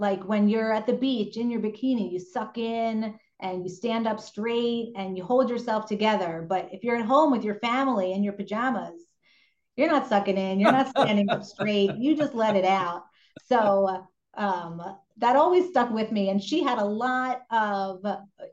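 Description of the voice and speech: A woman speaks fluently in a relaxed, mid-pitched voice with natural pauses: ordinary conversational speech.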